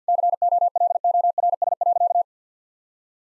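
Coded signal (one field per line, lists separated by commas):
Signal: Morse code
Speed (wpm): 50 wpm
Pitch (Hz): 700 Hz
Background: none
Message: COLORS.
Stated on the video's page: Morse code practice with difficult sentences at 50 wpm, each given a context hint before sending.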